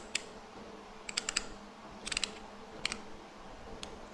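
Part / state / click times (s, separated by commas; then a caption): threaded notched fitting onto pendant light socket / seated / 0.2 s, 1.2 s, 1.4 s, 2.2 s, 2.9 s. A threaded, notched fitting is screwed onto a pendant lamp socket, and its notches ratchet with a series of sharp clicks at 0.2, 1.2, 1.4, 2.2, 2.2 and 2.9 seconds over a low steady hum. The fitting ratchets on as it tightens so it will not come off, and it ends seated.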